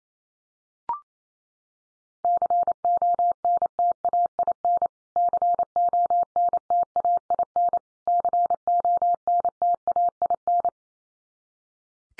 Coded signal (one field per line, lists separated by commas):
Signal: Morse code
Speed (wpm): 28 wpm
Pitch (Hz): 700 Hz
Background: none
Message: CONTAIN CONTAIN CONTAIN